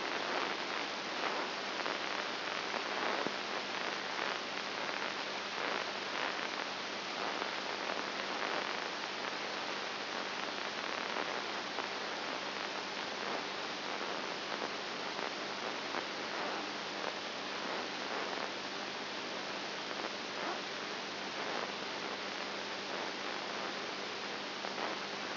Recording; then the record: brain microelectrode recording played as sound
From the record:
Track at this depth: inside the subthalamic nucleus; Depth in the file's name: 4.7 mm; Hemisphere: right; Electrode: 2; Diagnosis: Parkinson's disease